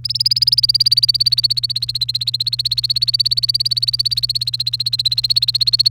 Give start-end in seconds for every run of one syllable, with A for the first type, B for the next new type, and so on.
0.04-5.88 A